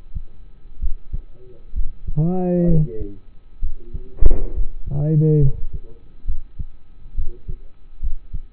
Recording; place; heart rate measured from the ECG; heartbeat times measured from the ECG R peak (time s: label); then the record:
heart sounds by stethoscope; between the tricuspid and mitral areas; 67 bpm
0.80 s: heartbeat
1.74 s: heartbeat
2.66 s: heartbeat
3.60 s: heartbeat
4.53 s: heartbeat
5.39 s: heartbeat
6.26 s: heartbeat
7.15 s: heartbeat
8.00 s: heartbeat
From the record:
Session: rest, lying down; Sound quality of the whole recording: partially saturated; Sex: male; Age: 27 years